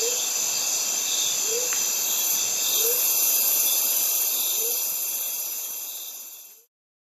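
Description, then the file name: Cicadas buzzing continuously at high pitch, with a soft low note repeated a few times, the sound fading out near the end. In a Mediterranean forest. "Cicadas and Birds in mediterranean forest"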